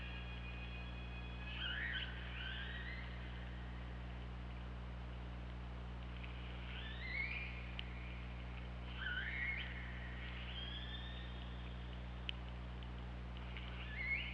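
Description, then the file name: Killer whale calls, several separate tonal calls spaced a few seconds apart, with constant low hum and a few sharp clicks between them. OrcaLab hydrophone recording, 24 August 2017 at 23:30:47. "Orca Lab UTLN JASON 20170824 233047"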